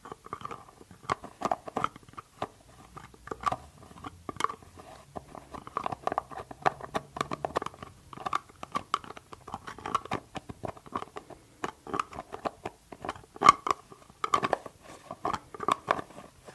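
A glass dropper bottle and its lid handled over and over, giving a dense run of small clicks, taps and light clinks. The sharp ticks come irregularly, several per second, with brief fuller knocks, and a faint low rumble underneath at times.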